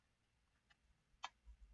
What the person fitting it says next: There we go. Little click.